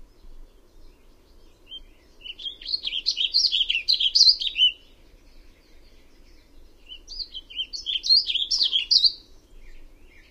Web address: Songs of Birds of North America Know Your Bird Sounds Common Western Species. Warbling Vireo